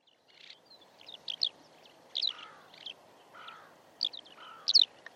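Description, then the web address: Eurasian skylark giving a busy run of high, rolling chirps and trills, mixed with lower, slurred whistled notes, all over a steady background hiss. "Deverinetal"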